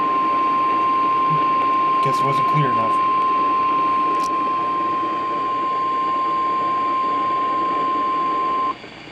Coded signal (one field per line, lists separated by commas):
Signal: Emergency Alert System (SAME) tones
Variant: 1050 Hz attention tone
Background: speech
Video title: EAS #732-734 - Required Weekly Tests